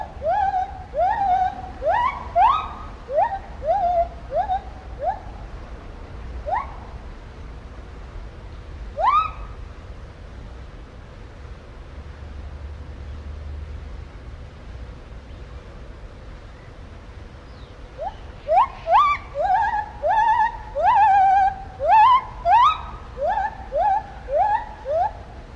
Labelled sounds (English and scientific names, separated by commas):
Lar Gibbon (Hylobates lar)